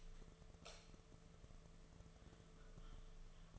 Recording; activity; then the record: daily activity, microphone in the room; light on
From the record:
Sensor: 4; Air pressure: 1015.6 hPa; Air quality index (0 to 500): 183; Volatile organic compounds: 8 ppm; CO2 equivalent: 2115 ppm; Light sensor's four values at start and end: 13/30/12/12 and 14/34/13/13